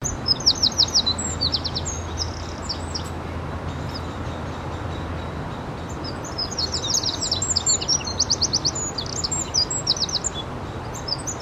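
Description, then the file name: Eurasian wren singing: a burst of rapid, high, metallic trilled notes, a quiet gap of a few seconds, then a long energetic run of trills, over steady noise. "Troglodytes troglodytes"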